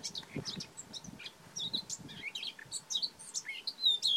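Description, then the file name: Eurasian blackcap sounds: a dense run of short high chirps and sharp clicks mixed with thin whistled notes, growing louder toward the end over a faint low rumble. "Sylvia atricapilla"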